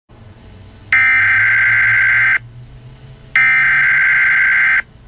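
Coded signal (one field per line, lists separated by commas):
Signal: Emergency Alert System (SAME) tones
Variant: header bursts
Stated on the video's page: Fictional EAS scenario alert, a made-up recreation rather than a real broadcast.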